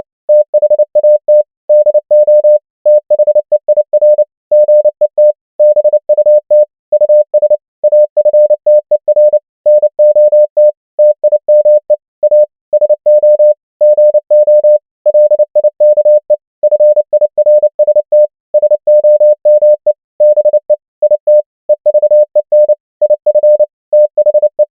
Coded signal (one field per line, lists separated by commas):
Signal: Morse code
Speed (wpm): 28 wpm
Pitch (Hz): 600 Hz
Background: none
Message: THAT DO THEIR GET BUT US AFTER NOT TIME A SO GO LIKE FIRST SOME BE IT EVEN IF THE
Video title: morse code practice | 29wpm | 100 most common words | ENGLISH